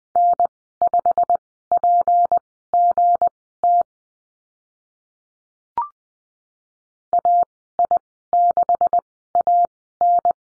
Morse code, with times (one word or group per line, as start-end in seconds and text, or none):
0.2-3.8 N5PGT
7.1-10.3 AI6AN